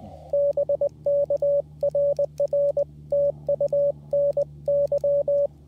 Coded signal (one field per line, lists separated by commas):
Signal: Morse code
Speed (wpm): 20 wpm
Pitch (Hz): 570 Hz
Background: radio noise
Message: BK RR TU NY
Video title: Summits On The Air QRP CW Dipole Action Atop Iron Mountain